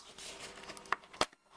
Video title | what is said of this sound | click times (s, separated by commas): How to: Butternut Squash baby food | pop the lid off like that and | 0.9 s, 1.2 s